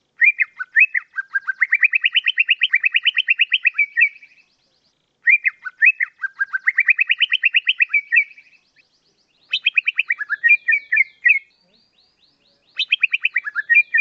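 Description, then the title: Leafbird song: long rattling phrases of rapid rising-and-falling notes, each lasting about four seconds, separated by pauses, later shifting into faster chattering bursts. "CUCAK IJO"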